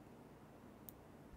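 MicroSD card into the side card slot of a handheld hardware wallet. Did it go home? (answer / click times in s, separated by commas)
yes / 0.9 s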